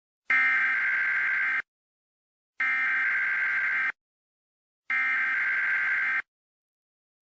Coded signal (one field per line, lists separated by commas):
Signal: Emergency Alert System (SAME) tones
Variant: header bursts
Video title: EAS Scenario: Sanitized Desti